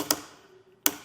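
A torque-limiting Allen key with a built-in torque limiter tightens a mounting bolt. It gives two sharp clicks at 0.1 s and 0.9 s, with a faint tone ringing between them. The clicks signal that the bolt has reached its torque setting and is tight enough.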